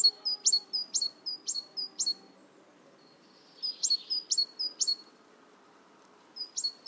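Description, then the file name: Great tit song: bright high two-note phrases, a sharp upper note dropping to a lower one, repeated rapidly in bursts separated by short pauses. "Parus major"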